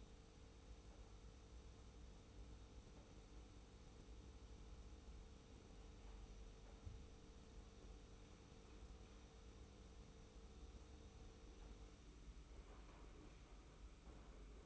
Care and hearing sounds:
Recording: daily activity, microphone in the room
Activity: make coffee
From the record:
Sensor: 1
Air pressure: 990.8 hPa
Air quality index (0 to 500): 138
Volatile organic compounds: 612 ppm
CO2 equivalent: 4953 ppm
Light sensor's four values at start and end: 23/54/23/25 and 23/54/22/25

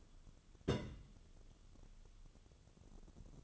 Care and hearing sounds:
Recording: daily activity, microphone in the room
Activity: place on stove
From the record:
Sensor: 4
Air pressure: 1008.9 hPa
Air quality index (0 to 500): 139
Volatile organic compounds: 2 ppm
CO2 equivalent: 1005 ppm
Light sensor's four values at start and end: 10/23/9/9 and 10/23/9/9

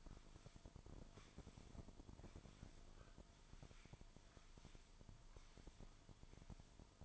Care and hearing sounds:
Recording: daily activity, microphone in the room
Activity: sweep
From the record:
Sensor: 5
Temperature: 24.7 degrees Celsius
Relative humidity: 41.5%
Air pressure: 1003.2 hPa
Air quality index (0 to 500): 131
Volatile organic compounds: 1 ppm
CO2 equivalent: 963 ppm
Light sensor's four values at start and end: 45/108/45/51 and 45/108/45/50

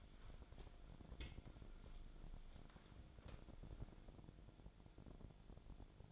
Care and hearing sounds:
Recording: daily activity, microphone in the room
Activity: wipe stove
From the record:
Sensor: 5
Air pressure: 1000.6 hPa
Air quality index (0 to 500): 154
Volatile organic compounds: 2 ppm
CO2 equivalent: 1185 ppm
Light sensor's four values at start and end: 50/106/48/54 and 53/114/52/58

